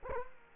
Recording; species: mosquito wingbeat signal from an infrared sensor; Culex quinquefasciatus